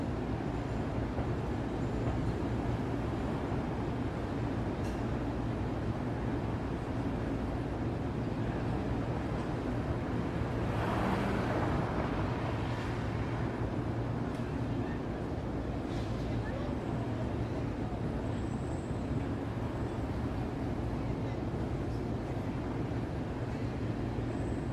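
A night city soundscape through an open window: a constant low rumble of traffic and machinery fills the whole stretch. Around eleven seconds a passing vehicle swells briefly louder, and faint voices and small clicks surface now and then.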